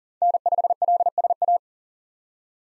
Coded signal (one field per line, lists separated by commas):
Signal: Morse code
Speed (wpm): 40 wpm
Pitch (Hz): 700 Hz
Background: none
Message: N5LSA